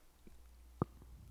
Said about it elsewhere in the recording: I wonder if it picked up my jaw popping. That's my jaw popping. I think I have TMJ.